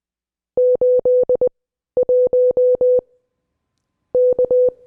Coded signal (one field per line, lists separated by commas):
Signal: Morse code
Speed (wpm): 20 wpm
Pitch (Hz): 500 Hz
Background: none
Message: 81 K